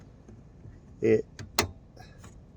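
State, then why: Seated. On a 2012 VW Passat, an H7 headlight bulb holder is slid into the plastic headlight housing and twisted to lock while someone talks. A sharp click is heard at 1.6 s as the holder twists and locks into place, fully seated.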